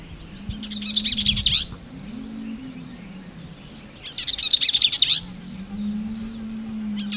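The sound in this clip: Bell's vireo delivering two quick, harsh, tumbling song phrases a few seconds apart, with a steady low mechanical drone in the background.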